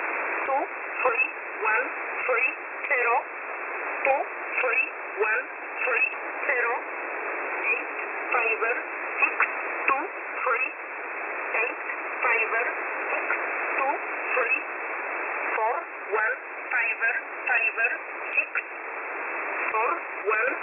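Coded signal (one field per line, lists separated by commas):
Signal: numbers station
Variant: E11a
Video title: E11a Message 23/12/2022 0820 UTC 5149kHz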